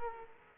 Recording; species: mosquito wingbeat signal from an infrared sensor; Culex quinquefasciatus